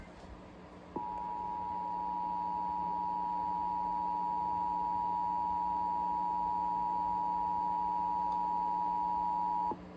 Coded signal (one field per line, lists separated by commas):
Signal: Emergency Alert System (SAME) tones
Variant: 853 and 960 Hz attention tone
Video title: August Required Monthly Test - EAS Tests From 8/20/24 (EAS #2429-2436)